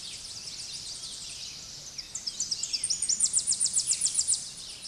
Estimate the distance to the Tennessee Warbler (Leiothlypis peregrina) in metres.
about 15 m